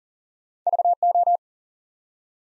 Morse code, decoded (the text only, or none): VO